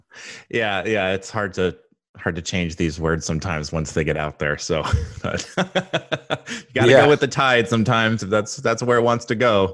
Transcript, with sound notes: Yeah, it’s hard to change these words, sometimes, once they get out there. So [laughing] you got to go with the tide, sometimes, that’s where it wants to go.